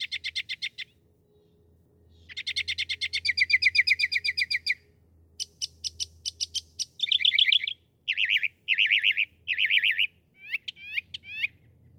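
Northern mockingbird song, rapid trills and repeated notes switching type every few seconds, from fast ticking runs to harsh repeated bursts and sharp chips.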